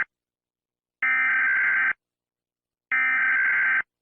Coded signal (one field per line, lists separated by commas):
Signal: Emergency Alert System (SAME) tones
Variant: header bursts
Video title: EAS Scenario: THE FOG IS COMING. Inspired by @Vinmagma